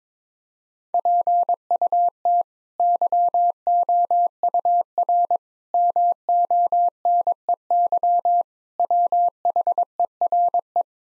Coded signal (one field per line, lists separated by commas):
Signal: Morse code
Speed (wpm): 21 wpm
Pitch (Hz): 700 Hz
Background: none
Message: PUT YOUR MONEY WHERE